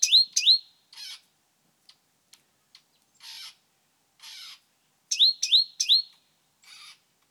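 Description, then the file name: Great tit calls: pairs and a triplet of sharp high notes alternating with harsh, buzzy churring bursts, delivered in irregular bouts. "Parus major"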